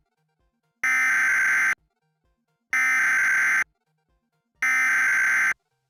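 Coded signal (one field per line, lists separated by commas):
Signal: Emergency Alert System (SAME) tones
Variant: header bursts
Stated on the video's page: Mock EAS with genuine valid headers and an AI-generated voice.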